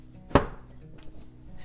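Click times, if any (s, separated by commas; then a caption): 0.4 s. A plastic trellis piece is pressed into a level of an iHarvest hydroponic tower by iGworks and gives a single sharp, loud plastic snap at 0.4 s, followed by a short decaying ring and a faint tick near 1.0 s. The trellis piece snaps into place and is seated.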